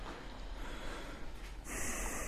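Heavy, forceful breathing during a heel-to-toe rolling leg exercise, through steady background hiss, ending in one loud, sharp, airy exhale that holds to the end. No one speaks.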